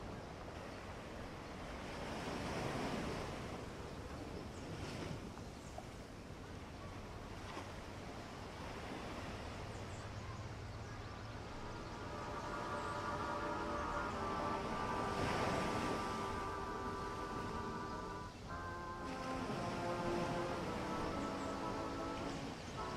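Ocean waves wash in a steady, rushing roar, swelling to louder surges near the start and again around the middle. From about halfway through, seagulls join with drawn-out, wavering cries that layer over the surf until the end.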